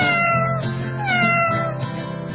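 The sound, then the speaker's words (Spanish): A cat gives a loud, drawn-out meow whose wavering pitch rises and then slides down, followed by a second shorter cry, over a steady low humming background. “Escucho al gato,”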